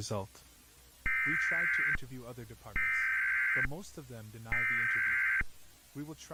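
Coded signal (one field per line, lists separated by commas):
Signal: Emergency Alert System (SAME) tones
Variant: header bursts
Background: speech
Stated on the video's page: Fictional EAS scenario of a US earthquake alert; tones may be valid.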